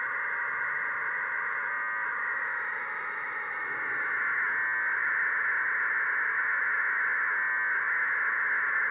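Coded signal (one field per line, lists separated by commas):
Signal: radiosonde or satellite telemetry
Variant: 1200 baud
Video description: Receiving the signal from the hadie flight computer, 10km away. This test was to see if it was possible to fly a balloon transmitting at the much faster speed of 1200 baud.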